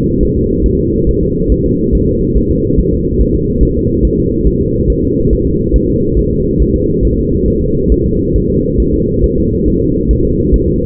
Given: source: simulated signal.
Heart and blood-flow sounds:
fetal heart sounds
0.23 s: S1
0.37 s: S2
0.66 s: S1
0.80 s: S2
1.09 s: S1
1.23 s: S2
1.52 s: S1
1.66 s: S2
1.95 s: S1
2.09 s: S2
2.37 s: S1
2.51 s: S2
2.80 s: S1
2.94 s: S2
3.21 s: S1
3.35 s: S2
3.63 s: S1
3.77 s: S2
4.05 s: S1
4.19 s: S2
4.47 s: S1
4.61 s: S2
4.90 s: S1
5.04 s: S2
5.33 s: S1
5.47 s: S2
5.76 s: S1
5.90 s: S2
6.19 s: S1
6.33 s: S2
6.62 s: S1
6.76 s: S2
7.05 s: S1
7.19 s: S2
7.48 s: S1
7.62 s: S2
7.92 s: S1
8.06 s: S2
8.36 s: S1
8.50 s: S2
8.80 s: S1
8.94 s: S2
9.24 s: S1
9.38 s: S2
9.68 s: S1
9.82 s: S2
10.11 s: S1
10.25 s: S2
10.54 s: S1
10.68 s: S2
From the record:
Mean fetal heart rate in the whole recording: 140 bpm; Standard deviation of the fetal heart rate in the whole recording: 2 bpm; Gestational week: 34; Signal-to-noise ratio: -14.7 dB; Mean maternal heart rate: 72 bpm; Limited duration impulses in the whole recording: present

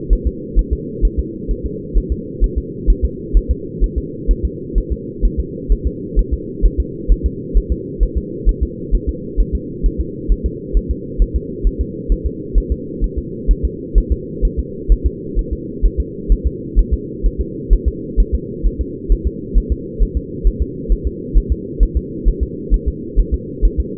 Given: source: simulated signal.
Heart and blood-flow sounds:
fetal heart sounds
0.13 s: S1
0.27 s: S2
0.59 s: S1
0.73 s: S2
1.05 s: S1
1.19 s: S2
1.51 s: S1
1.66 s: S2
1.98 s: S1
2.12 s: S2
2.44 s: S1
2.58 s: S2
2.90 s: S1
3.05 s: S2
3.37 s: S1
3.51 s: S2
3.84 s: S1
3.98 s: S2
4.31 s: S1
4.45 s: S2
4.78 s: S1
4.92 s: S2
5.25 s: S1
5.40 s: S2
5.72 s: S1
5.87 s: S2
6.19 s: S1
6.34 s: S2
6.66 s: S1
6.80 s: S2
7.12 s: S1
7.26 s: S2
7.57 s: S1
7.72 s: S2
8.03 s: S1
8.18 s: S2
8.49 s: S1
8.63 s: S2
8.95 s: S1
9.09 s: S2
9.41 s: S1
9.55 s: S2
9.86 s: S1
10.01 s: S2
10.32 s: S1
10.46 s: S2
10.77 s: S1
10.91 s: S2
11.22 s: S1
11.36 s: S2
11.67 s: S1
11.81 s: S2
12.12 s: S1
12.26 s: S2
12.58 s: S1
12.72 s: S2
13.04 s: S1
13.19 s: S2
13.51 s: S1
13.65 s: S2
13.98 s: S1
14.12 s: S2
14.45 s: S1
14.59 s: S2
14.92 s: S1
15.06 s: S2
15.39 s: S1
15.53 s: S2
15.85 s: S1
16.00 s: S2
16.32 s: S1
16.47 s: S2
16.79 s: S1
16.94 s: S2
17.26 s: S1
17.41 s: S2
17.73 s: S1
17.88 s: S2
18.20 s: S1
18.35 s: S2
18.67 s: S1
18.81 s: S2
19.12 s: S1
19.27 s: S2
19.58 s: S1
19.72 s: S2
20.03 s: S1
20.17 s: S2
20.47 s: S1
20.62 s: S2
20.92 s: S1
21.07 s: S2
21.38 s: S1
21.52 s: S2
21.83 s: S1
21.97 s: S2
22.28 s: S1
22.43 s: S2
22.74 s: S1
22.88 s: S2
23.20 s: S1
23.34 s: S2
23.65 s: S1
23.80 s: S2
From the record:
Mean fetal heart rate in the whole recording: 130 bpm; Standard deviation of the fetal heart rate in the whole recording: 2 bpm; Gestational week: 36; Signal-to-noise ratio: -4.1 dB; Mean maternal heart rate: no maternal heart sound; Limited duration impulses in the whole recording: absent

